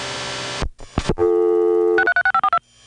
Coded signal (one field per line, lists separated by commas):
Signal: DTMF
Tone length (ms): 80 ms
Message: 636542